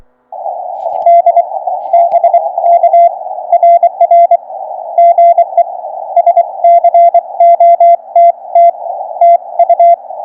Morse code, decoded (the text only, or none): D BK RR GE SCOTT TU